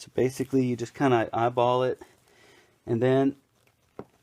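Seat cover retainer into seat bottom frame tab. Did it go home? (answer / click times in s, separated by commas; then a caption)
no / none. Someone talks while lining up the plastic retainer strip of a car seat cover by eye against the seat bottom frame tab, with only faint handling noise underneath. The clip ends before the retainer is pushed home, so nothing has seated or clicked yet.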